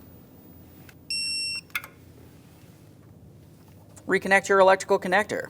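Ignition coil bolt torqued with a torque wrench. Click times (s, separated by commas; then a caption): 1.8 s. An ignition coil bolt on a 2012-2015 Honda Civic 1.8L L4 is tightened with a torque wrench to 9 ft-lb during an ignition coil boot replacement. A steady tonal beep sounds from about 1.1 to 1.6 s, and then the wrench gives a sharp click at 1.8 s as it reaches the setting. After a quiet stretch, someone talks.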